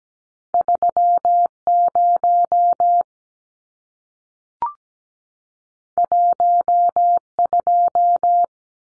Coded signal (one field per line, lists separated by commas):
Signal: Morse code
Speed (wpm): 17 wpm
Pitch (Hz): 700 Hz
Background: none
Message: 30 12